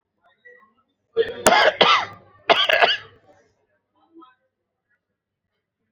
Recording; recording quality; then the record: heavy voluntary cough; excellent, no background noise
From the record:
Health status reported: exposed to COVID-19, no respiratory illness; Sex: male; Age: 51 years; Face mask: not worn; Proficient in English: yes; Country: India